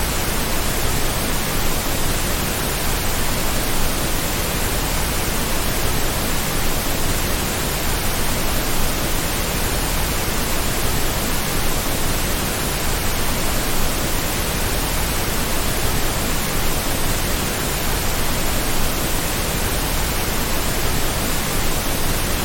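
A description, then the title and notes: Pink noise plays as a steady, dense hiss from start to finish, with no breaks, swells or separate events. It sounds full and soft rather than sharp, weighted toward the low end with a smooth, even rush. Soothing pink noise sounds.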